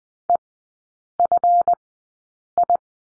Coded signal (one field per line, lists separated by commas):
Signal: Morse code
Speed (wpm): 19 wpm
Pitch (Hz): 700 Hz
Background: none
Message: EFI